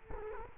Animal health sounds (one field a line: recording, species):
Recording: mosquito wingbeat signal from an infrared sensor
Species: Culex quinquefasciatus